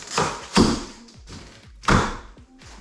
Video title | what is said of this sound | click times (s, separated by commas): Pool construction ICF step by step (instructional) | you can actually hear them click | 0.6 s, 1.9 s